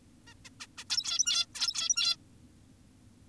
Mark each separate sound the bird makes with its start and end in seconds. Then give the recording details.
0.27-0.34, 0.45-0.50, 0.60-0.67, 0.78-0.84, 0.90-1.46, 1.55-2.16. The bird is an adult. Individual g17y2U